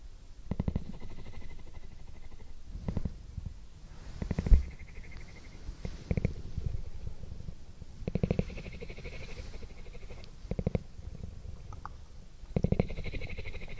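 Kittens purr in a low, rough, fluttering rumble that swells and fades in breathing cycles roughly every two seconds, with stronger pulses near the start, middle and end. A faint whistling tone rides along some cycles, and a small click lands around the four-and-a-half second mark.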